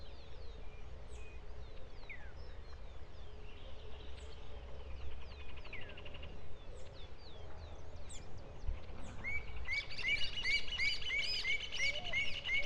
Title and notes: Mañana en Escuela No. 67 La Estiba, Artigas. 1:30" Hornero